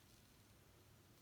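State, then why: Not seated. A short plastic tab on a Prime Changers Sentinel Prime transforming toy robot from Transformers One is handled during its conversion, being worked toward a peg slot at the bottom of the hands. Only a steady, low-level hiss with faint low-frequency rumble is heard, with no distinct sharp sounds. Nothing has seated or clicked yet.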